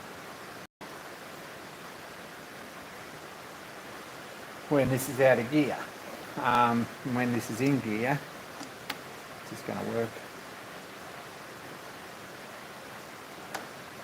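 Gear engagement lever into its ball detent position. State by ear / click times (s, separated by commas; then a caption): seated / 8.9 s. On a machine-shop fixture, a gear engagement lever is moved from out of gear into gear, and its ball detent catches with a single sharp tick at 8.9 s as the lever seats in the engaged position. Someone talks over a steady broadband hiss.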